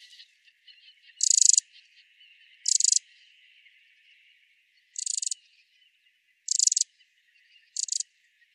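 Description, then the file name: Eurasian wren uttering brief, dry rattling calls, five separate buzzy bursts at uneven intervals, faint soft notes underneath. "Troglodytes troglodytes"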